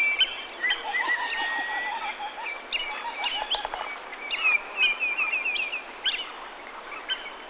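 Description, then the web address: Bird chorus of rapid chirps and short whistled phrases. Several birds overlap, including a quick trilled series in the second half, over constant background hiss. "Napa Valley Cellar. sons de passaros"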